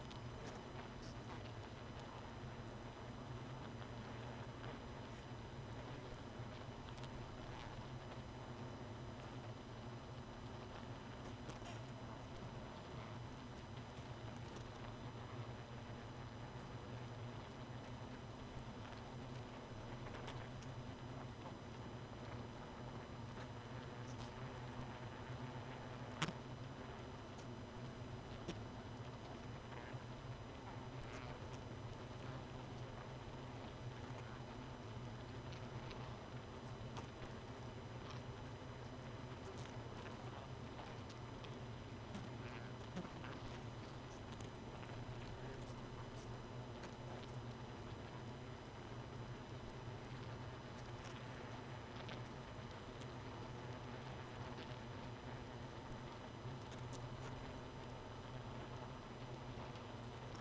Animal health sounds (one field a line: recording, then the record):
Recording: honeybee colony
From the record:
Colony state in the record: missing queen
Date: 31 May 2018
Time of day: 1:10